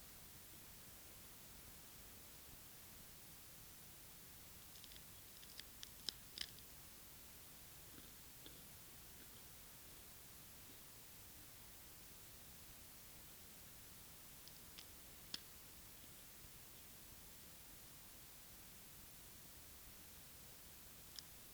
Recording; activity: daily activity, guitar pickup as the sensor; eat